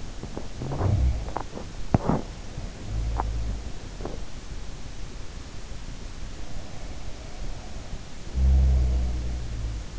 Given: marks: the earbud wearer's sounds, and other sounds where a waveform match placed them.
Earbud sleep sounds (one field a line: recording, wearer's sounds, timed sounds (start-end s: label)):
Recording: sounds in sleep by an in-ear microphone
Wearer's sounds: teeth grinding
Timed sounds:
0.00-4.72 s: teeth grinding
0.71-3.81 s: sound from someone else or the room
8.27-9.99 s: sound from someone else or the room